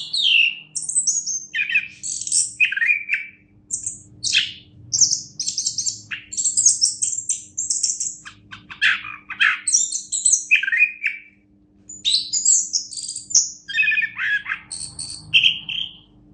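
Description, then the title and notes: Orange-headed thrush song, long rambling sequence of varied whistles, churrs and high-pitched chirps, with a brief pause late on before resuming, faint low hum beneath. Competition-winning singer, described as a national champion. "Anis Kembang Juara Nasional. kicau anis kembang"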